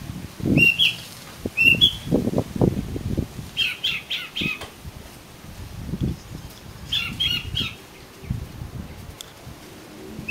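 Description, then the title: Oriental magpie-robin song: whistled notes and short chattering runs, with repeated low thumps and knocks underneath. "Kacer Kacer"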